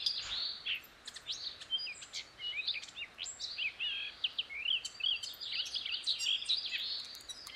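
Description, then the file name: Eurasian blackcap song, a long, busy stream of chattering and fluty warbled notes over steady background hiss, barely pausing. "Sylvia atricapilla"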